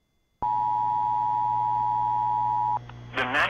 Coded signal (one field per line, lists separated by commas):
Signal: Emergency Alert System (SAME) tones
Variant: 853 and 960 Hz attention tone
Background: speech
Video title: EAS 1819: NWS Wilmington (OH) Tornado Warning